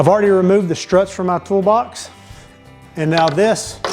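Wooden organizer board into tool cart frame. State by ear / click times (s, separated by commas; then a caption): not seated / none. A 1/4 inch wooden organizer board is handled at a tool cart frame whose struts have been removed, while someone talks. A short sharp sound comes near the end, at 3.9 seconds. Nothing has seated or snapped in yet.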